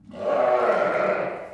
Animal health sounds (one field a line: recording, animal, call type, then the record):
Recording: contact call of a hoofed animal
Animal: sheep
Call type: low-frequency (closed-mouth) or high-frequency (open-mouth) call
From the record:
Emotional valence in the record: negative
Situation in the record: short social isolation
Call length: 1.54 s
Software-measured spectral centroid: 1270 Hz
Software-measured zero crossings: 1480 a second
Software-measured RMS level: -23 dBFS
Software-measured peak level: -9 dBFS